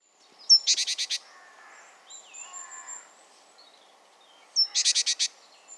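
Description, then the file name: Great tit: two runs of five quick buzzy notes about four seconds apart, with softer lower notes in the pause. "Parus major"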